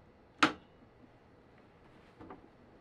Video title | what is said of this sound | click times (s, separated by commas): Instructions: Printing loop labels with the thermal transfer printer TSC MB240T | the printhead by pressing on both sides until you hear a certain click | 0.4 s